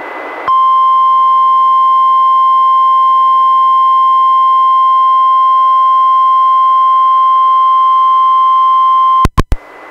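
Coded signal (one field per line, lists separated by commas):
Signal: Emergency Alert System (SAME) tones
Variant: 1050 Hz attention tone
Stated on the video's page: SAME tones from NOAA Weather Radio and TV relays of severe thunderstorm and special marine warnings, some from online streams, one received on a Reecom R-1630 weather radio.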